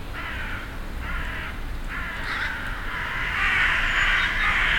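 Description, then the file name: Ravens giving hoarse caws in short bursts, becoming denser and louder toward the end. Recorded on 25 December 2012 in Hütteldorf. "2012-12-25 raben huetteldorf"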